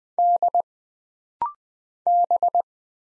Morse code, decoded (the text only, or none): D B